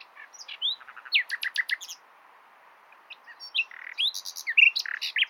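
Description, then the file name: Common nightingale song: quick sequence of upslurred whistles, repeated sharp clicks and harsh buzzy notes, delivered in two dense phrases. "Luscinia megarhynchos"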